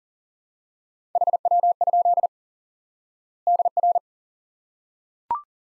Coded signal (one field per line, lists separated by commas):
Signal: Morse code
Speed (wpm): 40 wpm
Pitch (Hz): 700 Hz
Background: none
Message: HW? DR